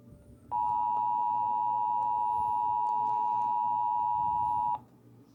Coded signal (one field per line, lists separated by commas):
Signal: Emergency Alert System (SAME) tones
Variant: 853 and 960 Hz attention tone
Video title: A CURSED WEATHER EVENT... EAS Alerts from 8/6/20 (EAS #4,842 - 4,888)